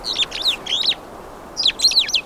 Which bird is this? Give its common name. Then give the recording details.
Superb Starling. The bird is a male. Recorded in Kenya on 24 April 2009 at 08:06. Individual 83, of group SRB1